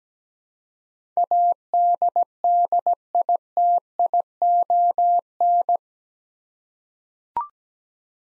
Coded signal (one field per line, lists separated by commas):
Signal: Morse code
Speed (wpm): 17 wpm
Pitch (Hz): 700 Hz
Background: none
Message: ADDITION